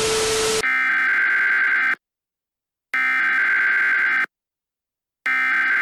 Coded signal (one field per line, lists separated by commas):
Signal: Emergency Alert System (SAME) tones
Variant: header bursts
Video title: EAS Scenario: The Underground Monster [FULL]